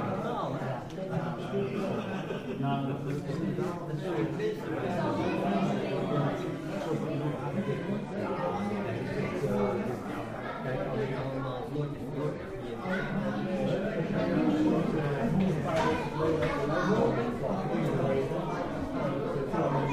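Many people talk at once inside a photo exhibition, their voices overlapping into a steady, dense murmur with a few male voices standing out now and then. The loudness stays even throughout, and a soft echo carries through the crowd.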